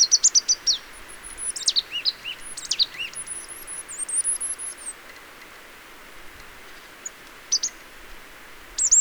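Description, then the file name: Marsh tit calls, quick bursts of sharp high notes that drop steeply in pitch, in clusters with pauses, over a thin high whistled line and faint background hiss. "Poecile palustris"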